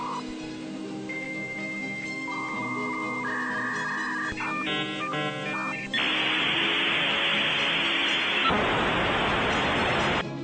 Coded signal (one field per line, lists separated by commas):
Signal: dial-up modem handshake